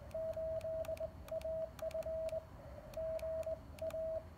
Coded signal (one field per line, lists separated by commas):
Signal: Morse code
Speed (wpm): 19 wpm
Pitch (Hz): 660 Hz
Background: radio noise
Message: 8AF GA